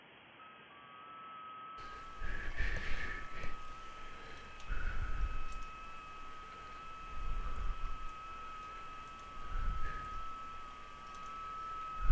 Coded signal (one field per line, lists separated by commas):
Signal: FT8